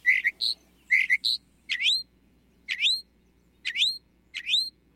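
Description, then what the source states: Northern mockingbird song: two bursts of varied chirped notes, then a sharp swooping whistled phrase repeated four times, about once a second. Mimicry song; scientists think females might find the mimicry attractive.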